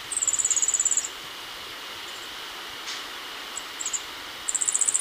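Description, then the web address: Yellow-faced grassquit giving very high, thin, insect-like trills, one about a second long at the start and a shorter one at the end, with a few brief high notes between and faint hiss behind. Recorded in Ecuador. "Birds of Ecuador. Yellow-faced Grassquit"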